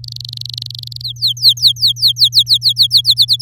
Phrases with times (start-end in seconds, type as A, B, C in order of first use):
0.04-1.02 A, 1.04-3.01 B, 3.04-3.42 C